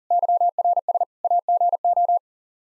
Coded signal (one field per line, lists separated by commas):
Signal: Morse code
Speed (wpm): 40 wpm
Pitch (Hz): 700 Hz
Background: none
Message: YRS AGO